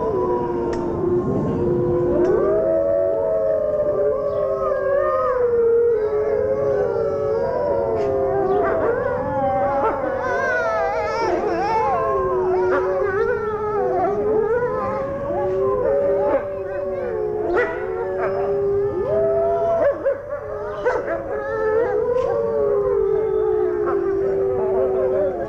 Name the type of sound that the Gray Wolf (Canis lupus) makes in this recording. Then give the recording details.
howling. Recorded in captivity. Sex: group. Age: adult. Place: Zoo Berlin, Berlin, DE. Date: 1984-08-18 13:21. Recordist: Tembrock, Günter